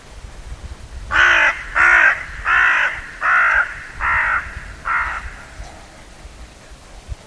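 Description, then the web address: Bird giving six harsh, cawing calls in a steady series, fading slightly toward the end, over faint low background rumble. "Deverinetal 2025 File origin Bird Only"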